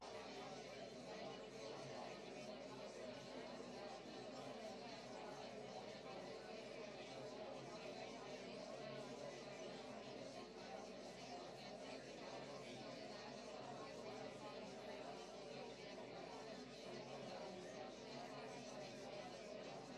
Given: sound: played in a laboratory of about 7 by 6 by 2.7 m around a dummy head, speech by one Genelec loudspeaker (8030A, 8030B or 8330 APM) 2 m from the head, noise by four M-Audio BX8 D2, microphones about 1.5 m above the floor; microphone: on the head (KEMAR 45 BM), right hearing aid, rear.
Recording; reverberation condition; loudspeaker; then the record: babble noise; low; four, about 170 cm from the corners of the room and facing them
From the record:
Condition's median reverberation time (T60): about 310 ms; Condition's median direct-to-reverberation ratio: about 3.5 dB